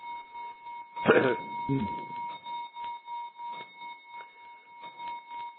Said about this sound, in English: That's a horrible noise. June's clock striking.